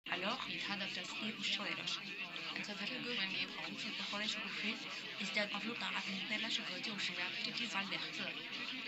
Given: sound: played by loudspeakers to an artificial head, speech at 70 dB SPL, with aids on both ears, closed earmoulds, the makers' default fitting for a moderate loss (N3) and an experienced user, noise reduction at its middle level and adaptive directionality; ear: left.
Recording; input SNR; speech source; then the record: speech test signal (ISTS) in cocktail-party noise; +3 dB; in front (0 degrees)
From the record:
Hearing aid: class 1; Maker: D